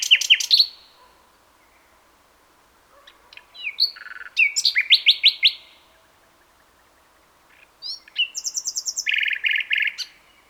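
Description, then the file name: Common nightingale song in three separate phrases, each built from sharp, fast-repeated notes and slurred whistles, with long silent gaps between them. "Luscinia megarhynchos"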